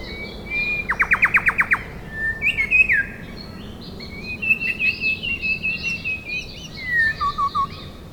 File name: Colluricincla Rufogaster